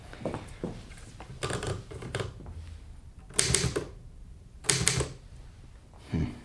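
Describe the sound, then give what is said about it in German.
Mechanical typewriter keys clack in irregular bursts, a few light taps followed by several louder, sharper strikes with pauses between them. No voices are heard. “Die Schreibmaschine.”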